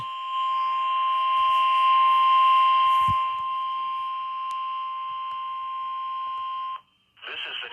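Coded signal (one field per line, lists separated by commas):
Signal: Emergency Alert System (SAME) tones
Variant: 1050 Hz attention tone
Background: speech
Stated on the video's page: Weekly EAS test from a NOAA Weather Radio station in State College.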